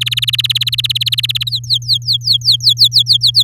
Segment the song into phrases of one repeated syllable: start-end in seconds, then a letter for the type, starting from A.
0.01-1.49 A, 1.51-3.03 B, 3.06-3.43 C